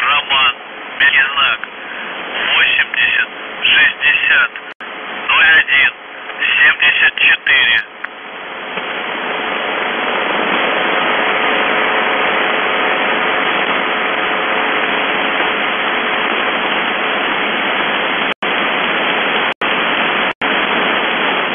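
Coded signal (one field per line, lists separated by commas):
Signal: numbers station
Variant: UVB-76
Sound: a short radio voice message of clipped spoken words, then steady hissing static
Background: radio static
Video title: The Buzzer/UVB-76(4625Khz) December 2, 2021 17:08UTC Voice message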